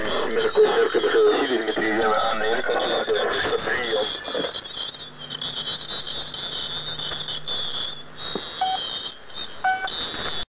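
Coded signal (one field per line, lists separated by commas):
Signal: coded military voice message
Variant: The Pip, Russian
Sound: muffled voice reading over radio, then low hum and a couple of short beeps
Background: radio static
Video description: "The Pip" is a Russian military station that broadcasts on 5448 kHz at daytime and 3756 kHz at nighttime.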